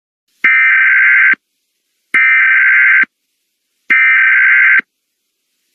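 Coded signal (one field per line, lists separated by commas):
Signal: Emergency Alert System (SAME) tones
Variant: header bursts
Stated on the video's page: Fictional EAS scenario about the Sudan conflict, using valid EAS tones.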